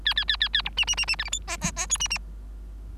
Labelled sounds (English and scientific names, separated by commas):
Bengalese Finch (Lonchura striata domestica) song